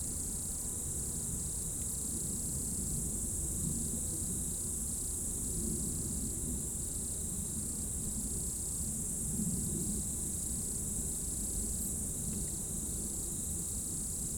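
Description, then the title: Insect chorus of continuous high trilling, with scattered chirps and a persistent low rumble underneath. Insects in roadside bank and trees at dusk, first hairpin of Col du Chat road, Bourdeau, France; recorded on Tascam DAP1 DAT, from a 2006 CDR. "route col du Chat, Bourdeau, France - Tutti insectes"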